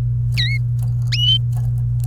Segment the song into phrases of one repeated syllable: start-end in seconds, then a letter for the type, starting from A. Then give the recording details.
0.38-0.57 A. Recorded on 28 April 2018 at 13:34. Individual llb3